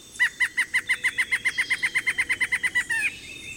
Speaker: Deep in a thicket, two black-hooded ant shrikes call.